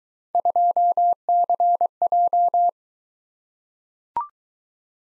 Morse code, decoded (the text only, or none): 2CJ